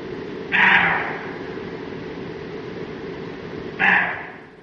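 Roe deer barking twice, each a brief rough hoarse bark, about three seconds apart, over a constant low background hum.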